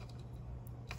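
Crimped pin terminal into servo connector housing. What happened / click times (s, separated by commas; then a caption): A second pin snapped into the connector housing / 0.7 s, 0.9 s. Crimped pin terminals are pushed into a plastic servo connector housing, and short sharp snaps are heard at 0.7 s and 0.9 s over a steady low hum. The second pin snaps home, so two of the three pins are seated.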